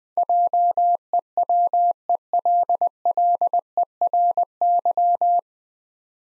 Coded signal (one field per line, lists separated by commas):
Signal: Morse code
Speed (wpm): 20 wpm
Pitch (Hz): 700 Hz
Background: none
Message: JEWELLERY